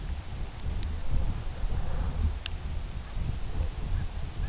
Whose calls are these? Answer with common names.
Long-tailed Duck